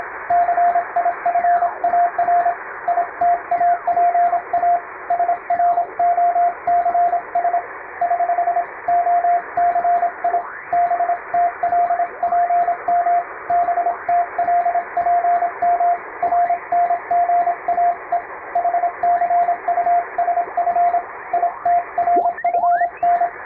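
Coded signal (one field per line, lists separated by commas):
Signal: Morse code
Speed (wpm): 27 wpm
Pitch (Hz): 700 Hz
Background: radio noise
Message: CIFAR ITAPA SROCS <HH> OCI BTLPM BTLPM RNGAE HCUSF ITRFN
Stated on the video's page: Morse practice for amateur radio CW training, using English-language telegram practice texts; speed is adjustable through playback.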